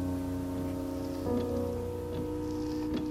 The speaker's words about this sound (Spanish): En fin, últimamente aquí hace frío y no para de llover.